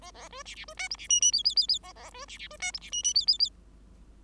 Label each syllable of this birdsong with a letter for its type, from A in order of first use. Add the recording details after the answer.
A A B C C B D E C F F G G G G A A B C C B D E C F F G G G. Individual Bird5